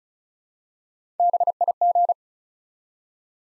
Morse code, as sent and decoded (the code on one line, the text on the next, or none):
-... .. --.
BIG